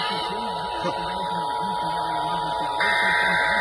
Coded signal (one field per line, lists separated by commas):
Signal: Emergency Alert System (SAME) tones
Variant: 853 and 960 Hz attention tone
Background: speech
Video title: WE HAVE A DOUBLE MUCH OF SVR'S HGX... EAS Alerts From 8/4/25 (EAS#4,474 - 4,499)